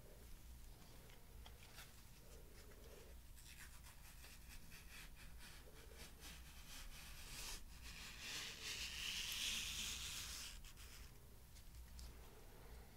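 Rubbing and scraping sounds made with objects, repeated in soft strokes with short crisp ticks scattered throughout. A brighter, hissing swell of rubbing builds around nine to ten seconds, then eases. A low steady hum sits underneath the whole time.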